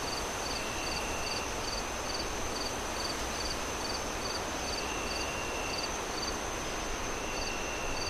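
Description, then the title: Crickets chirping in a regular series of short pulsed bursts, with a steady high insect drone and a fainter intermittent lower trill over continuous wind noise. Crickets on a windy night, wind howling through trees. "Relaxing Crickets Sounds On A Windy Night"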